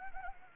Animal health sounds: mosquito wingbeat signal from an infrared sensor; Anopheles arabiensis

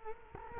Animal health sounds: mosquito wingbeat signal from an infrared sensor; Culex quinquefasciatus

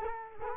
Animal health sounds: mosquito wingbeat signal from an infrared sensor; Culex quinquefasciatus

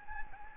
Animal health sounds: mosquito wingbeat signal from an infrared sensor; Anopheles gambiae

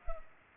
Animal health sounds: mosquito wingbeat signal from an infrared sensor; Culex pipiens

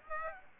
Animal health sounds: mosquito wingbeat signal from an infrared sensor; Aedes aegypti

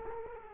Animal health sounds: mosquito wingbeat signal from an infrared sensor; Culex quinquefasciatus

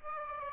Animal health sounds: mosquito wingbeat signal from an infrared sensor; Aedes aegypti

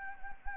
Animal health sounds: mosquito wingbeat signal from an infrared sensor; Anopheles arabiensis

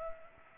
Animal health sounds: mosquito wingbeat signal from an infrared sensor; Culex pipiens

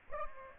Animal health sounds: mosquito wingbeat signal from an infrared sensor; Aedes aegypti

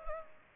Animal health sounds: mosquito wingbeat signal from an infrared sensor; Culex pipiens

